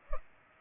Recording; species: mosquito wingbeat signal from an infrared sensor; Culex pipiens